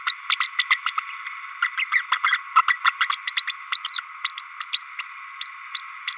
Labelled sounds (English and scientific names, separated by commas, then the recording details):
Green-rumped Parrotlet (Forpus passerinus) babbling
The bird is a female
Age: 32 days
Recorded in a nest box in Venezuela
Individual 17B32A5